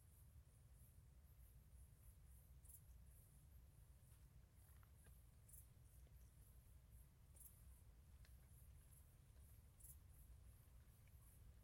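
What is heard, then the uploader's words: Crickets chirp in a high, thin, pulsing shimmer that never stops, over a steady low rumble droning underneath throughout. International Cricket Chirps.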